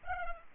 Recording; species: mosquito wingbeat signal from an infrared sensor; Culex pipiens